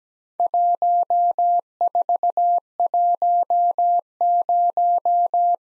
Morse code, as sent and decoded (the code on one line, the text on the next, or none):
.---- ....- .---- -----
1410